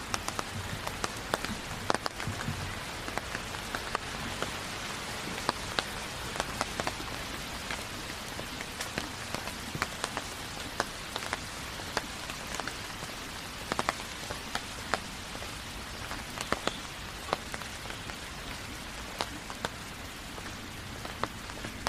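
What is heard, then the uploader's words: Steady rain falls throughout, a dense hiss with countless small drops tapping on surfaces. Sharper individual drips and splats pop out irregularly every second or so, while a low rumble sits underneath the whole time without change. Long Walk In The Rain Around The Neighborhood.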